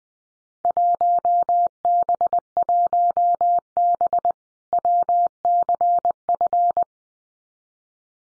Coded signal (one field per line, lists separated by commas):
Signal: Morse code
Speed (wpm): 20 wpm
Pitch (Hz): 700 Hz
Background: none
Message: 1B1B WCF